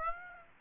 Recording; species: mosquito wingbeat signal from an infrared sensor; Aedes aegypti